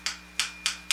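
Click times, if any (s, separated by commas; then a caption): 0.9 s. A telescopic carbon fishing rod is being collapsed, with the next section squeezed in past its friction resistance and slid home into the next larger section. Four short, bright transients land at about 0.1, 0.4, 0.7 and 0.9 s over a steady low hum. The last and loudest, at 0.9 s, is the click of the section seating.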